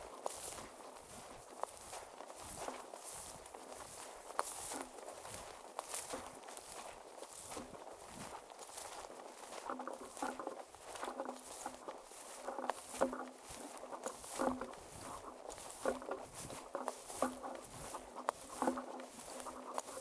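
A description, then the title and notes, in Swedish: Walking toward a moose-hunting tower: footsteps crunch at a steady, fairly quick pace for the whole stretch, each step a short bright burst. A faint steady tone hums beneath, and from about ten seconds a few light clinks and rustles join the steps. Ljuden av älgjakt. På älgjaktspremiären tog jag med min bärbara inspelningsutrustning och spelade in första promenaden, första uppackningen och förberedelserna man gör när man kommer till ett älgtorn.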